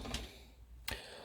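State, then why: Seated. The plastic arm of an MFT MF-48D City Commander Ver 2.0 (Delta Magnus) toy figure is turned and snaps back into its joint on the figure. A faint tick at 0.1 s is followed by a sharp, bright click at 0.9 s, when the arm seats back into place.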